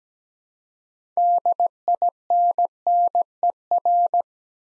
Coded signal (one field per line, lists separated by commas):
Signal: Morse code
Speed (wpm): 17 wpm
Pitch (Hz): 700 Hz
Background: none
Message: DINNER